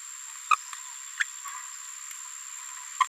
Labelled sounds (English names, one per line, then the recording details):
Green-rumped Parrotlet babbling
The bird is a female
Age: 27 days
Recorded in a nest box in Venezuela
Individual 17B73B2